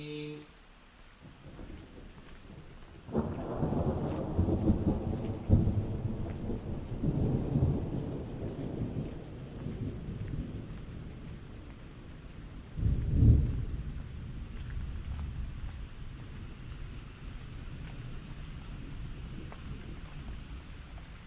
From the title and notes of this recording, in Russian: Саундскейп - погружение в атмосферу Горного Дагестана. Прогуляйся по высокогорному селу Гуниб. Послушай раскаты грома, шум дождя, звуки бегущей воды.